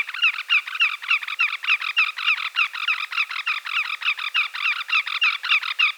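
Greater yellowlegs calling in a rapid, steady run of short whistled notes, about three or four each second, continuing through the whole six seconds.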